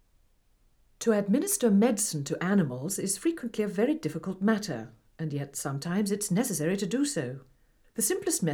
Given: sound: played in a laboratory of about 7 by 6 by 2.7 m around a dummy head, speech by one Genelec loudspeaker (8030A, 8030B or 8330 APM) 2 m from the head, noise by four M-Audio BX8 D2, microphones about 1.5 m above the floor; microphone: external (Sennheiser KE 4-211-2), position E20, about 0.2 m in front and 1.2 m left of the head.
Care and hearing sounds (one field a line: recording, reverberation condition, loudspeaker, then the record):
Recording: female speech in English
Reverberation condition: low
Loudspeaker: 60 degrees to the left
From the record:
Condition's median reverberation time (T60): about 310 ms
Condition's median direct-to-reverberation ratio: about 3.5 dB